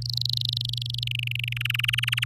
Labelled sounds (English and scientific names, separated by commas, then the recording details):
Domestic Canary (Serinus canaria) song
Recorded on 8 May 2018 at 05:50
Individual llb16